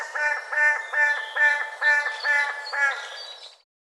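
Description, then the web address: Bird clucking, a series of about seven nasal, harmonic co notes repeated roughly twice a second. Call labelled "co". "cianscape birddata Deverinetal 2025"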